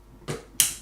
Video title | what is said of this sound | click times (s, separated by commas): Two guys, one custom loop, what could possibly go wrong? | fill it through the quick disconnect they have a nice satisfying click them don't they as well when you put them together they do you can really feel that they've gone into position so they you can feel but | 0.6 s